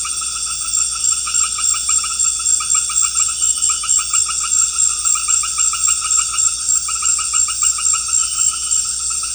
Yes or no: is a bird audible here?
no